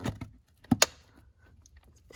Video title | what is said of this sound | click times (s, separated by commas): How to Change a Cabin Air Filter on a 2016-2020 Honda Civic | it just snaps into place like so just | 0.8 s